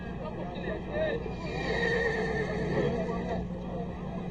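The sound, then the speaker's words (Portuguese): Mark's horse, at a horse race, neighs in a long, wavering whinny that rises and falls in pitch, with a low murmur of voices and background noise running underneath. “O cavalo do Mark parece um suicida.”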